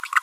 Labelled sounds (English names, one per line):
Green-rumped Parrotlet babbling